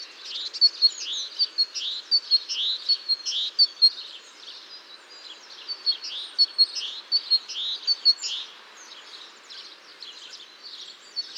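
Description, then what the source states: Great tit song, high bright two-note phrases repeated rapidly, with other high chirping notes mixed in throughout. Males singing to mark territory and find a mate, in gardens where the birds stay year-round, as a new breeding season begins.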